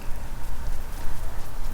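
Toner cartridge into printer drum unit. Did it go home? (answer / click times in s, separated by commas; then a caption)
no / none. A Brother printer toner cartridge is turned around and lined up by hand before it goes into the drum unit's slot. Only steady low rumbling handling noise is heard, with no sharp transients. Nothing has seated or clicked yet.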